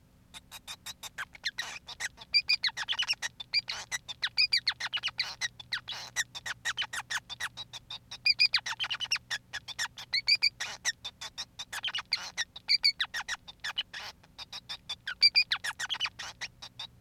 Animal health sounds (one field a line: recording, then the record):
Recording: song of a male Bengalese finch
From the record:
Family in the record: son of father 5